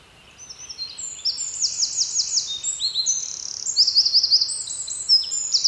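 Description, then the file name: Eurasian wren pouring out a rapid, very high song of sharp notes and short buzzy trills, continuing to the end. "Troglodytes troglodytes"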